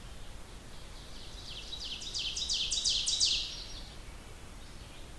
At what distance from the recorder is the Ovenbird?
about 30 m